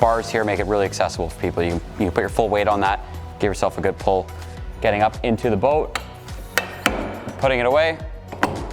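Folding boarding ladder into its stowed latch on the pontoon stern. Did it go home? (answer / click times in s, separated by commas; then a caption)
yes / 8.4 s. Someone talks about the stainless rear boarding ladder on a Barletta Cabrio 20QC pontoon boat, then folds it up and puts it away, with sharp metallic knocks around 6.6 and 6.9 seconds. The ladder locks into its stowed latch at the pontoon stern with a sharp metal clack at 8.4 seconds.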